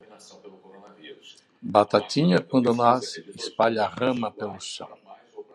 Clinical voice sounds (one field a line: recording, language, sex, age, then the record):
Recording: short text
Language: Brazilian Portuguese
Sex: male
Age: 70 to 79 years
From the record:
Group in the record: control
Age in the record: 73 years